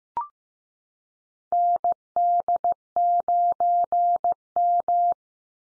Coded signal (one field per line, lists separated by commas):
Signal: Morse code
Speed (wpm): 15 wpm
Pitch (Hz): 700 Hz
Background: none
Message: ND9M